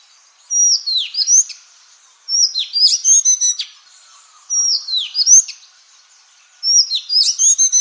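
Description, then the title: Madagascar magpie-robin delivering repeated rich phrases, downslurred whistles followed by fast stuttering notes, roughly every two seconds. "suara burung kacer madagaskar"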